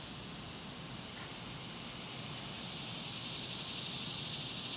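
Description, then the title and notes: Cicadas droning in a continuous high hiss over broad background noise. Outdoors at dusk. "Ext Cicadas, Dusk by Bandeto"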